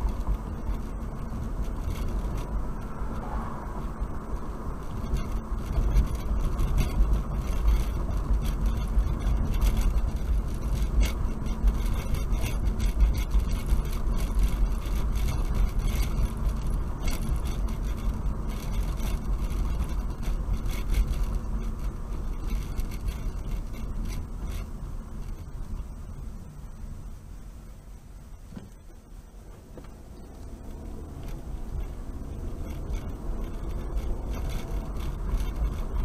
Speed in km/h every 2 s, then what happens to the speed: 48, 50, 50, 50, 50, 47, 45, 45, 44, 40, 34, 31, 24, 16, 10, 18, 29, 39.
0-8 steady at about 50. 8-27 slows to 10. 27-36 speeds up to 39.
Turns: none.